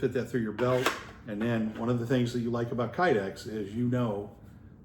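A fixed-blade knife is being handled with its molded Kydex plastic sheath, which has a piece of Cordura nylon wrapped around it for fitting through a belt. Someone talks throughout over faint handling sounds. Nothing has seated or snapped into the sheath yet.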